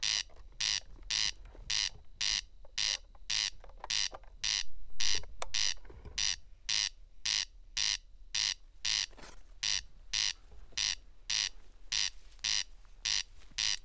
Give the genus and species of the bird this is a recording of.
Crex crex